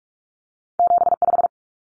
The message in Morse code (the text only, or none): 75